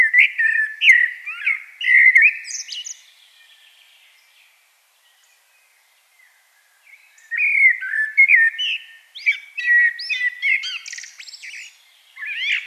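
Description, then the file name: Common blackbird singing rich, fluting warbled phrases that end in thin squeaky twitters, with a pause of several seconds between two song bursts. "Turdus merula"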